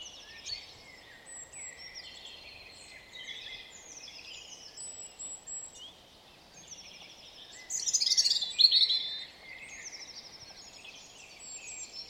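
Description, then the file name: European robin song: a long run of quiet, thin, high warbled notes with one louder jumbled burst partway through, over steady background noise. "Erithacus rubecula"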